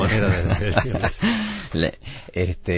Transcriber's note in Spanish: se ríe